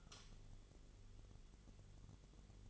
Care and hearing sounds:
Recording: daily activity, microphone in the room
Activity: light on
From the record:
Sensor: 4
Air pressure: 1008.7 hPa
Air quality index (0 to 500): 90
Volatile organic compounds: 1 ppm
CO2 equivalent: 680 ppm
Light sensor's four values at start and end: 13/29/11/11 and 13/31/12/12

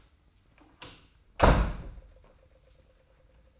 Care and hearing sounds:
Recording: daily activity, microphone in the room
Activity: close door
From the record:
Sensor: 2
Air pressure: 990.3 hPa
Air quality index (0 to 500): 186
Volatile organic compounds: 1000 ppm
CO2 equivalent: 5929 ppm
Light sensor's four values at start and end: 34/81/33/33 and 34/81/33/33

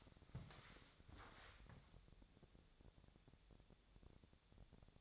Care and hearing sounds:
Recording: daily activity, microphone in the room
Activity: walk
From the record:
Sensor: 3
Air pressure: 1000.5 hPa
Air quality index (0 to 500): 166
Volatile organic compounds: 3 ppm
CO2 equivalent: 1452 ppm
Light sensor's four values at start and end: 15/40/16/18 and 17/44/18/19

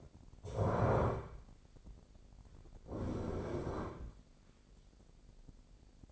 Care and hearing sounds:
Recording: daily activity, microphone in the room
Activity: stand up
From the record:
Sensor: 5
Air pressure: 1009.3 hPa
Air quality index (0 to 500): 154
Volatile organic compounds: 2 ppm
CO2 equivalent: 1186 ppm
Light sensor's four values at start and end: 285/682/290/319 and 285/681/290/319

